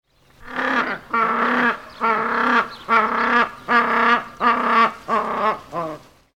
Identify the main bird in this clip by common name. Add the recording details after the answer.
Southern Rockhopper Penguin. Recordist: Tembrock, Günter. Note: Rufreihe eines einzelnen Vogels